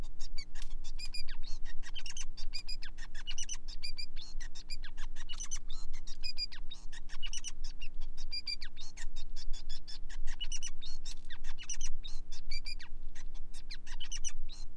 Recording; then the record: song of a male Bengalese finch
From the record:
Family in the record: son of father 5